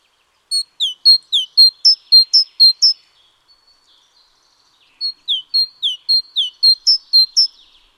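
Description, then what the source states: Great tit giving two long bursts of loud, alternating high and lower whistled notes, with soft thin twittering trailing after each burst. Nominate subspecies Parus major major.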